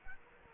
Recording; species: mosquito wingbeat signal from an infrared sensor; Culex quinquefasciatus